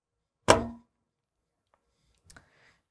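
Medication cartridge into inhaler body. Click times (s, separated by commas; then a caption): 0.5 s. A plastic medication cartridge, narrow end first, is pushed down into a Spiriva Respimat inhaler body on a firm surface. A strong, sharp click at 0.5 s shows the cartridge seating into place, followed by a few faint small ticks around 2.3 s.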